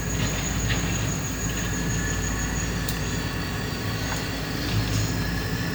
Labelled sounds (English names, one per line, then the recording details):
none
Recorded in pastures near Puerto Asís, Putumayo, Colombia, on 26 December 2024 at 12:00
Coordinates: 0.466, -76.322
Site G040